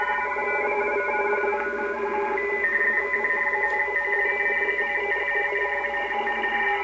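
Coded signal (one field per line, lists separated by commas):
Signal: RTTY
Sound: several overlapping warbling two-tone signals chattering rapidly at different pitches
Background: radio static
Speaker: these are all digital signals that you can hear these are really what is called radio teletype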